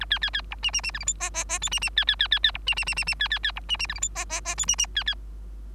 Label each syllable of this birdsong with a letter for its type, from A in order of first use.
A B B B C D D D E F G H H H I D D B B B B B C D D D D D B B B C D D E F G H H H I D D B B